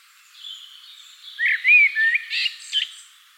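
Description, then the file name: Common blackbird giving a brief phrase of a few rich whistled notes that run into a short, higher squeaky ending. "Turdus merula"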